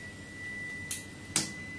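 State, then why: Seated. The positive lead's plastic cable connector from one solar panel is pushed into the negative connector of the next panel to wire them in series. A smaller tap at 0.9 s comes before a sharp latching click at 1.4 s over a steady high whine, and the connector is seated.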